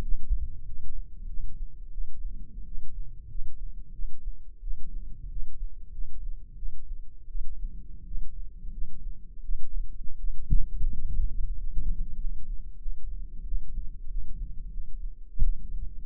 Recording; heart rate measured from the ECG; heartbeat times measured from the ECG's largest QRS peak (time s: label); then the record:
heart sounds by microphone in the left ear; 89 bpm
0.63 s: heartbeat
1.24 s: heartbeat
1.89 s: heartbeat
2.63 s: heartbeat
3.26 s: heartbeat
3.90 s: heartbeat
4.58 s: heartbeat
5.27 s: heartbeat
5.89 s: heartbeat
6.53 s: heartbeat
7.26 s: heartbeat
8.02 s: heartbeat
8.68 s: heartbeat
9.39 s: heartbeat
10.14 s: heartbeat
10.88 s: heartbeat
11.52 s: heartbeat
12.14 s: heartbeat
12.76 s: heartbeat
13.42 s: heartbeat
14.05 s: heartbeat
14.68 s: heartbeat
15.39 s: heartbeat
From the record:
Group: healthy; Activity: rest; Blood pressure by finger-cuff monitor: 107/72 mmHg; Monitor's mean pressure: 82 mmHg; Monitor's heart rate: 94 bpm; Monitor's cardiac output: 6.8 L/min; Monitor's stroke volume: 76 mL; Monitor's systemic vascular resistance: 870 dyn s/cm5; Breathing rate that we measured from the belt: 23 breaths a minute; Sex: male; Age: 20 years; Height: 187 cm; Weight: 68.9 kg